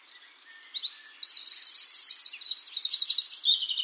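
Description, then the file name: Eurasian wren singing a vigorous stream of very fast high trills, each run of notes rattling quickly into the next. "Troglodytes troglodytes"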